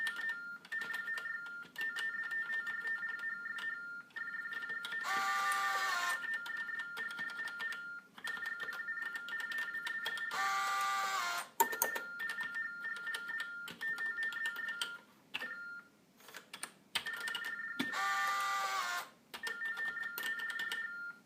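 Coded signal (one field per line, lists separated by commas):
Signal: modem data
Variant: TDD Baudot, 45.45 baud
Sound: warbling two-tone data chatter, interrupted three times by rattling printer bursts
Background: printer and keyboard clatter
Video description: The device uses baudot tones to communicate with other TDD devices using an acoustic couple and telephone handset. You can hear the keyboard, tones and a small printer.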